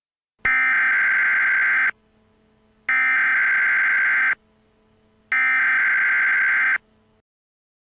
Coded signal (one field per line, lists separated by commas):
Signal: Emergency Alert System (SAME) tones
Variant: header bursts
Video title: Area 51 Raid EAS Scenario - Part 1 - Community Announcement